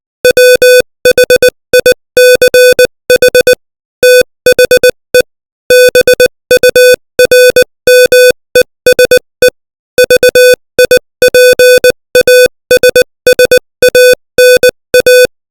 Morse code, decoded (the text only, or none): WHICH THE BURMESE VIPASSANA